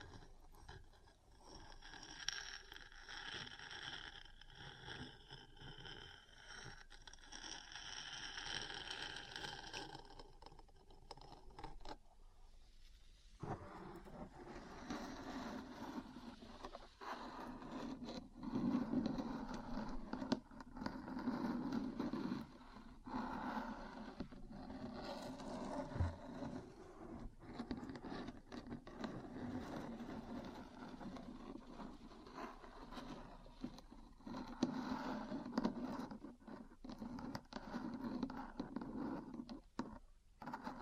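Metal parts are tapped and scratched continuously, with dense, gritty scraping that has a bright ringing edge for the first thirteen seconds. After a brief drop in sound, lower grinding scrapes and frequent sharp taps take over and continue steadily to the end.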